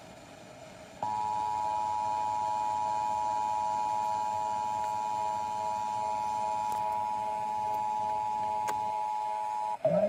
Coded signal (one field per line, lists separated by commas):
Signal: Emergency Alert System (SAME) tones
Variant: 853 and 960 Hz attention tone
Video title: EAS #274-275: Required Monthly Test